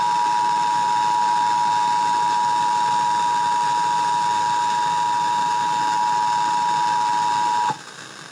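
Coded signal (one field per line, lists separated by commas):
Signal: Emergency Alert System (SAME) tones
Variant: 853 and 960 Hz attention tone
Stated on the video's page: IPAWS weekly test relayed by an FM station.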